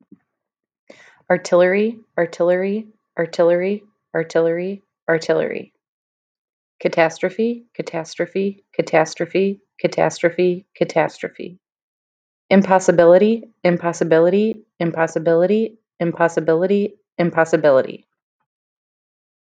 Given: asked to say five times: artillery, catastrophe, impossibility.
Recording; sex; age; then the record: three words, each repeated; female; 30 to 39 years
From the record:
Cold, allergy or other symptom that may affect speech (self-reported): no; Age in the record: 32 years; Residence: Illinois, United States